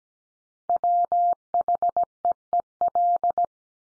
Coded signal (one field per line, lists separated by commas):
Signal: Morse code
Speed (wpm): 17 wpm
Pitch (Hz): 700 Hz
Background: none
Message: WHEEL